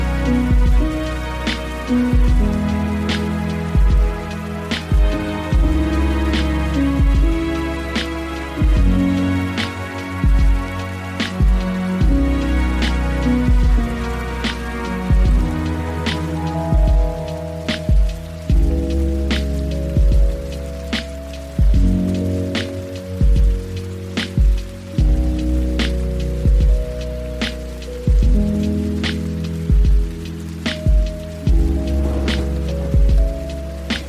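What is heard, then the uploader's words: Lo-fi hip hop with a relaxed, steady beat: regular crisp drum hits over deep, warm bass notes and soft sustained chords. A faint patter like rain or crackle sits underneath throughout, and the groove stays even for the whole stretch with no clear breaks. Lo-fi hiphop music.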